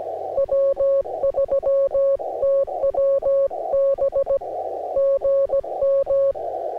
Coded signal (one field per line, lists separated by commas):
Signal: Morse code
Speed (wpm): 17 wpm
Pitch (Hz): 560 Hz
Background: music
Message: W3TWB GM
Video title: MORSE CODE: AN AUDITORY JOURNEY #cw #morsecode